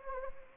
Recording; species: mosquito wingbeat signal from an infrared sensor; Anopheles gambiae